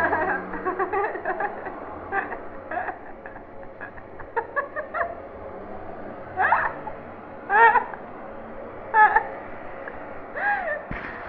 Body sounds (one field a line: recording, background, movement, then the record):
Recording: laughter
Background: traffic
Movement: sitting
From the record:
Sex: female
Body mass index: 18.3 kg/m2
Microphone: on the chest, facing the body